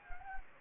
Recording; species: mosquito wingbeat signal from an infrared sensor; Anopheles gambiae